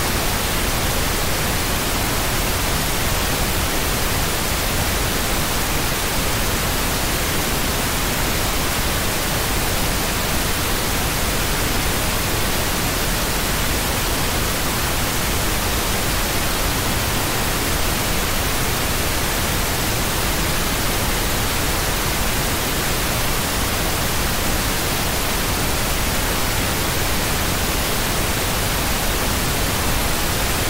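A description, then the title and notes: Pink noise plays without a break for the full half minute, a dense, even hiss with a full low rumble beneath the brighter top. Nothing changes in level or texture, and no other sounds appear. Steady pink noise.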